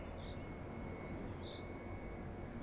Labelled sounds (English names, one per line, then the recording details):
Common Chaffinch
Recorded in Germany
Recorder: ecoPi